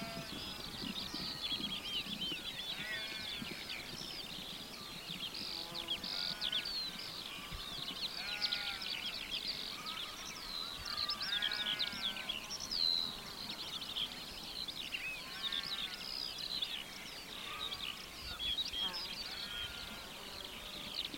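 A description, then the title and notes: Skylark song pours down without a break, a dense, rapid tumble of bright trills and chirps. Beneath it, lambs and ewes bleat often, their calls overlapping in a steady chorus that runs the whole length of the clip. Spring skylark song. You are on high country farm road in the Hakataramea Valley in deepest South Canterbury, New Zealand. Skylark song pours from the heavens, cascading over paddocks of ewes with noisy lambs at foot. Recorded by Nick Allen.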